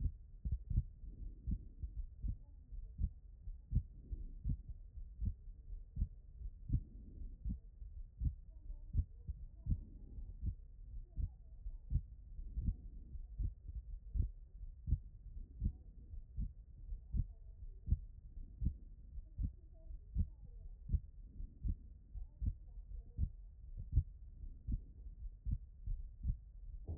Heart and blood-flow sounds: heart sounds by stethoscope; pulmonary valve (PV)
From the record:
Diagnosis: HFrEF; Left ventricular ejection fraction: 39%

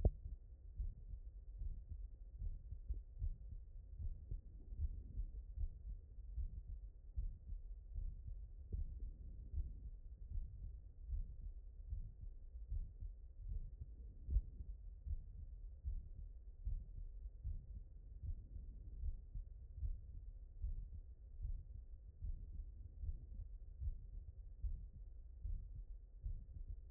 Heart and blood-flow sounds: heart sounds by stethoscope; mitral valve (MV)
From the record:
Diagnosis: non-HFrEF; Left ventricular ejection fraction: 63%

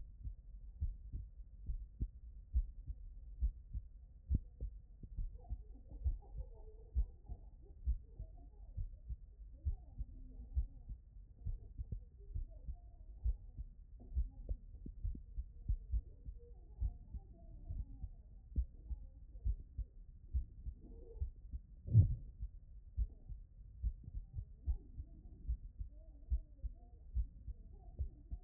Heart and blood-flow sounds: heart sounds by stethoscope; tricuspid valve (TV)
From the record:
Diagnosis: non-HFrEF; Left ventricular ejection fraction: 55%

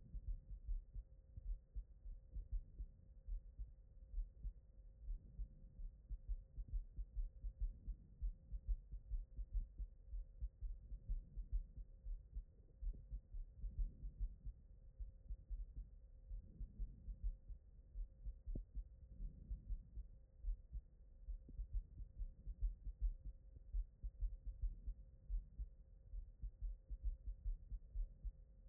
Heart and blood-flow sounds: heart sounds by stethoscope; aortic valve (AV)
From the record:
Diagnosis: non-HFrEF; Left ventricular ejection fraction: 49%

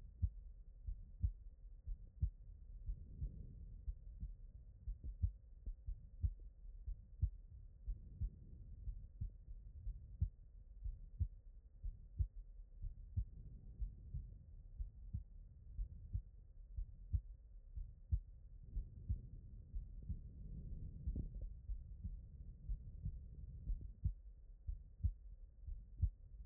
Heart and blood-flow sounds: heart sounds by stethoscope; aortic valve (AV)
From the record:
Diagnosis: non-HFrEF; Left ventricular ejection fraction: 49%

